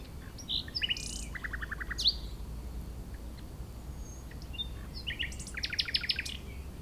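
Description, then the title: Common nightingale song: short bursts of rapid staccato notes and buzzy trills separated by pauses, with steady low wind noise. Wild nightingale singing in breeding season, hidden in scrub, Chindrieux, France; sunny day, fairly strong west wind; Zoom H4n Pro on the ground in a small valley, tens of metres away. "Chindrieux, France - Rossignol"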